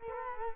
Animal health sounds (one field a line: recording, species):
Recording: mosquito wingbeat signal from an infrared sensor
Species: Culex quinquefasciatus